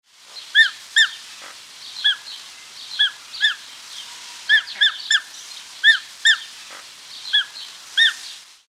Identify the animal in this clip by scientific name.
Phoenicoparrus jamesi